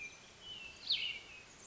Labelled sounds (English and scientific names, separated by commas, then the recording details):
Cassin's Vireo (Vireo cassinii)
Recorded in Sonoma County, California